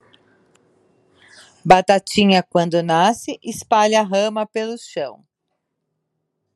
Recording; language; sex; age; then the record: short text; Brazilian Portuguese; female; 60 to 69 years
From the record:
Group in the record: control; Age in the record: 60 years